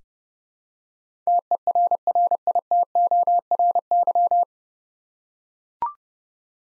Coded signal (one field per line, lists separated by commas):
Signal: Morse code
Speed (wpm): 31 wpm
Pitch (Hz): 700 Hz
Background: none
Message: TERRITORY